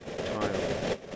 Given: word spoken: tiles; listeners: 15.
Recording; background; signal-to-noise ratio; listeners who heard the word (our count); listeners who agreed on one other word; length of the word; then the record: one English word in noise, from a listening test; noise modulated by three-talker babble; -6.2 dB; 1 of 15; 9 of 15; 0.76 s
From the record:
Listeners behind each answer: 9, 2, 2, 1, 1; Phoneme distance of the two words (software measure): 7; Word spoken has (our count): 1 syllable, 4 phonemes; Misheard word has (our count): 1 syllable, 3 phonemes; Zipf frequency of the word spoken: 4.08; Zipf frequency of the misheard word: 3.56